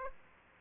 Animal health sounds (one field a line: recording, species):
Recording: mosquito wingbeat signal from an infrared sensor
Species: Aedes aegypti